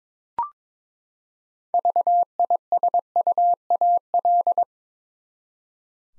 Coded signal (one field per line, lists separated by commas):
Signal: Morse code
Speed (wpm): 22 wpm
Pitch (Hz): 700 Hz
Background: none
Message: VISUAL